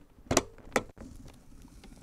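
A RAM memory stick fitted with an RGB heat sink is pressed down into a motherboard DIMM slot until the retention clips snap. Two sharp clicks come at 0.3 s and 0.8 s against a quiet background, and the module is fully seated.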